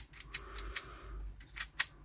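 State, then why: Seated. While checking why a PS4 Blu-ray drive's disc-loading mechanism would not return properly, a loose plastic mechanism part is pushed by hand. A few light ticks and clicks come before a loud, sharp snap at 1.8 s, as the part, which simply had not been engaged, clips into place and seats.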